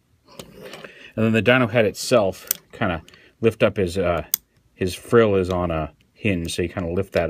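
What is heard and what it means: A small plastic tab on the head of a ToyWorld TW-D04 Iron Dreg transforming dinosaur robot toy is pressed into the slot under the jaw after the combiner port is pushed down. A short, sharp click at 0.4 s marks the tab seating securely, followed by a fainter tick at 0.8 s. Someone then talks over the rest of the clip.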